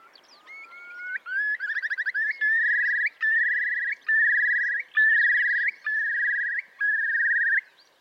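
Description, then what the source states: Eurasian curlew bubbling song: a rising whistled opening that breaks into a fast trill, then long bubbling phrases repeated about every 0.8 seconds, steady and loud. Trilling, rising, bubbling song, sung in the mating season as the birds rise into the air.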